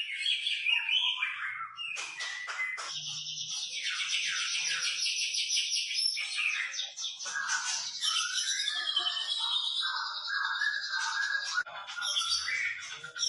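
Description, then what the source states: White-rumped shama: songbird singing a dense, scratchy, continuous medley of buzzy and warbled notes at high pitch, with little pause throughout. Lure used to make the bird respond; bird described as gacor (energetic, frequent singer).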